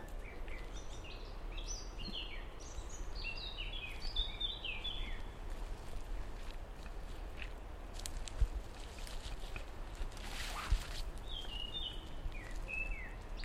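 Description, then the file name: Common blackbird singing varied, quick, high twittering phrases with falling notes, pausing midway, then a few more notes near the end, over constant low background rumble. "merle"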